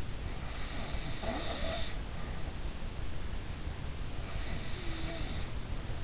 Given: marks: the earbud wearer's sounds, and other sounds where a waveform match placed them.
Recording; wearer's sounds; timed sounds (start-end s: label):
sounds in sleep by an in-ear microphone; snoring breath
0.24-2.51 s: snoring breath
4.23-6.04 s: snoring breath